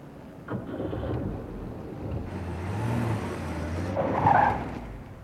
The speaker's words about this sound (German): Dieser verdammte Idiot, wenn ich das Steuer nicht rumgerissen hätte, wäre mir frontal draufgefahren.